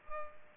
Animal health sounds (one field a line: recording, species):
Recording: mosquito wingbeat signal from an infrared sensor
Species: Culex pipiens